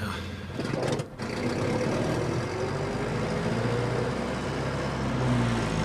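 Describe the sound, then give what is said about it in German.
A car engine drones steadily as the vehicle drives at 50 km/h along the middle of a country road at night, heading north toward a town, with a brief dip in the noise early on before the low, rumbling hum picks back up and holds without any talking. “hielt eine Reisegeschwindigkeit von 50 Stundenkilometern und fuhr in der Mitte der Landstraße durch die Nacht nordwärts der Stadt entgegen.”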